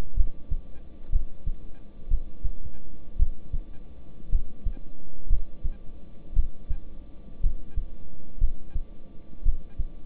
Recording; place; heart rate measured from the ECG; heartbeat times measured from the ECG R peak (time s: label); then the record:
heart sounds by stethoscope; between the tricuspid and mitral areas; 58 bpm
0.14 s: heartbeat
1.10 s: heartbeat
2.08 s: heartbeat
3.17 s: heartbeat
4.30 s: heartbeat
5.27 s: heartbeat
6.34 s: heartbeat
7.41 s: heartbeat
8.38 s: heartbeat
9.43 s: heartbeat
From the record:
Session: rest, lying down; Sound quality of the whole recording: good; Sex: male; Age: 26 years